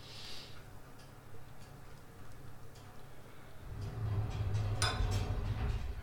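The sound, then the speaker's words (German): A pan of pancake batter is slid into an oven with a few metallic clinks and light ticks, then the oven door shuts with a brief clunk over a steady low hum; it is to bake at 210 degrees for 15 to 18 minutes. “Backofen zu und jetzt wird das Ganze gebacken bei, wie gesagt, 210 Grad, 15 bis 18 Minuten.”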